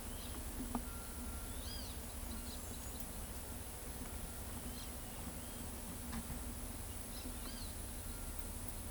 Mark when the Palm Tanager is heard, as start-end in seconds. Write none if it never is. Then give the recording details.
none. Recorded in pastures near Pivijay, Magdalena, Colombia, on 1 June 2023 at 14:00. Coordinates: 10.456, -74.369. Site P6-G026